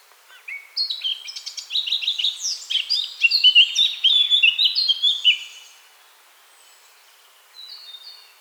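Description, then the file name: Eurasian blackcap song: a fast, rich warble of varied chirps and twittering notes lasting about five seconds, then a pause and a few thin high notes. "Sylvia atricapilla"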